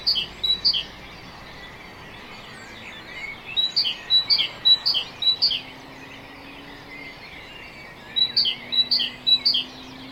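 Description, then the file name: Great tit singing a high and low two-note phrase repeated several times, then falling silent before starting again; steady background hiss. "Parus major"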